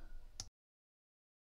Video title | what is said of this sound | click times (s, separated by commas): ProMaster LED Daytime Running Lights Installation | and make sure that it's seated properly you will hear it click when it's all the way in | 0.4 s